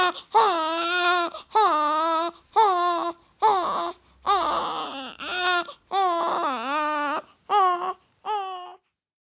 Baby crying calming down at the end.